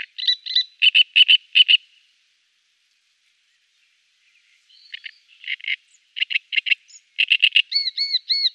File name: Great Reed-Warbler